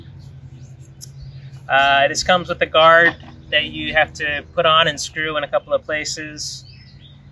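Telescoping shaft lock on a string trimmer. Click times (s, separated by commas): 1.0 s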